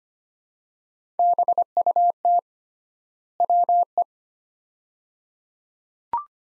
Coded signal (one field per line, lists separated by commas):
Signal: Morse code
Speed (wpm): 25 wpm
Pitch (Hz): 700 Hz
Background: none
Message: BUT WE